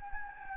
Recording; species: mosquito wingbeat signal from an infrared sensor; Anopheles gambiae